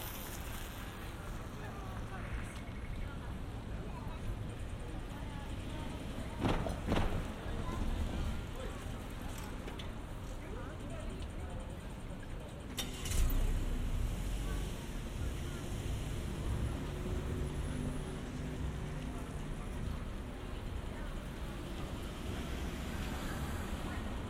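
A tram ride through Kyoto, with a steady low rumble of the moving vehicle filling the whole stretch. Faint voices murmur underneath, and brief louder clanks or bumps stand out around six and thirteen seconds before the even rolling noise settles again.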